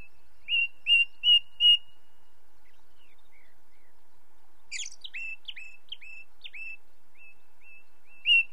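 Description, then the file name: Ring ouzel singing four ringing whistled notes, then a scratchy chattering phrase trailing into softer piping notes, with another clear whistle at the end. Recorded with light natural background noise. "belozobij drozd na fone legkij shum prirodi"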